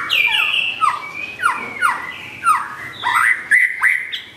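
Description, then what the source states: White-rumped shama singing a series of loud, clear whistles, each swooping downward, delivered one after another. Masteran training song of white-rumped shama (murai batu) for cage birds.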